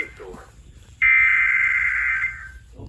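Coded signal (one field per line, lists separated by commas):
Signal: Emergency Alert System (SAME) tones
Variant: header bursts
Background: speech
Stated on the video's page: Real alerts, including severe thunderstorm warnings, captured across Southeast Georgia and Southern South Carolina from NOAA Weather Radio and recorded on iPhones.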